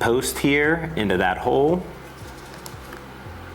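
Someone talks while a back strap is being placed back onto the grip frame of a SKOUT EPOCH air rifle, its locating post going into the hole in the frame. After the talking, there are quiet handling sounds with two faint ticks near 2.7 s and 2.9 s. Nothing has snapped into place yet.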